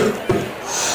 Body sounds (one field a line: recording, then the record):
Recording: coughing mixed with background sound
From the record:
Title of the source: Mid-morning Winter Coughing Fit